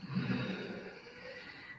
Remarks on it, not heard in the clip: My dog snoring in the background now. He's away over there on the other side of the room. He's got breathing difficulties. He's on his last years of life.